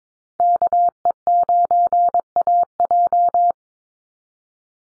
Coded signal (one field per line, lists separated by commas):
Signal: Morse code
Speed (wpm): 22 wpm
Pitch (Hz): 700 Hz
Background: none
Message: KE9AJ